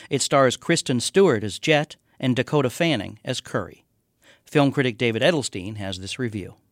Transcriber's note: none